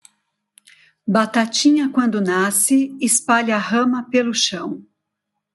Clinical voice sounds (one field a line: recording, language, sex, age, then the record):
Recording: short text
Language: Brazilian Portuguese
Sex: female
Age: 50 to 59 years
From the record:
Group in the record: control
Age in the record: 56 years